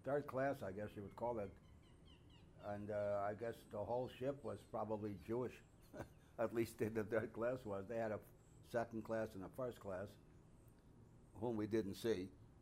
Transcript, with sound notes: third class, I guess you would call it. And I guess the whole ship was probably (he laughs) at least in the third class was. They had a second class and a first class, whom we didn't see.